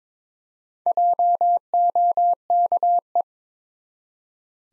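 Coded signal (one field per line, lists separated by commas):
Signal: Morse code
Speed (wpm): 22 wpm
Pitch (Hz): 700 Hz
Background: none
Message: JOKE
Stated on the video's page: Morse practice at 22 wpm building 3- to 5-letter words one letter at a time, for instant character recognition.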